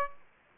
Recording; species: mosquito wingbeat signal from an infrared sensor; Aedes aegypti